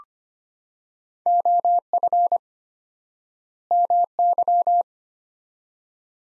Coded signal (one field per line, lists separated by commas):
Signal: Morse code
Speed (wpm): 25 wpm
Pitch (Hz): 700 Hz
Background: none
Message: OF MY